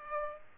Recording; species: mosquito wingbeat signal from an infrared sensor; Aedes aegypti